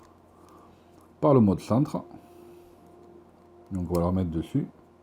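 Someone talks while handling a plastic gravity ring, about to put it back onto a Beyblade Burst Quad Drive Cosmic Vector spinning-top assembly for centre mode, with a low steady hum underneath. The ring has not seated or clicked into place yet.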